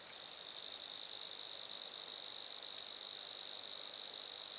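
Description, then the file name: Grasshopper trill, a high-pitched buzz that swells in at the start and then holds steady, faintly pulsing. Grasshoppers recorded at Lac-à-François, Montcerf-Lytton, Quebec, Canada. "criquets-grasshoppers- -lac-acc 80-franccca 7 ois-montcerf-lytton-quecc 81 bec-canada"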